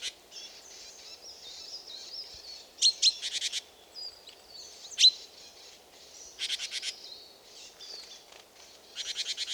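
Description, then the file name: Great tit producing harsh, rattling buzzy phrases and brief sharp notes at irregular intervals. "Parus major"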